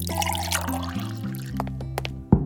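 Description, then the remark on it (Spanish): Hibiscus water is poured steadily into a glass, the gurgling pitch rising as it fills, then a short knock as the pour ends and the glass or pitcher is set down. “¿Quieres agua de Jamaica? Sí, gracias.”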